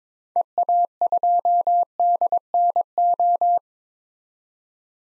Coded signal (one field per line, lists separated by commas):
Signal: Morse code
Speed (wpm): 22 wpm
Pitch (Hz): 700 Hz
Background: none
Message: EA2DNO